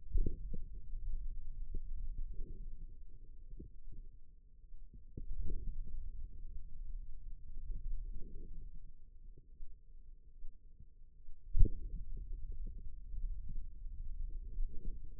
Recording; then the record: forearm muscle sounds (acoustic myography)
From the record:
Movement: finger pinch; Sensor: system 2, bracelet of six BSWA MPA416 microphones around the upper forearm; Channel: 4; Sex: female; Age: 25 years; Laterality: right